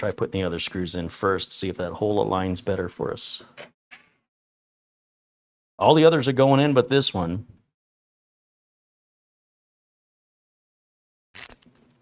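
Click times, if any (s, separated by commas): 11.4 s, 11.5 s, 11.6 s, 11.8 s, 11.9 s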